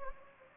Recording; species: mosquito wingbeat signal from an infrared sensor; Anopheles gambiae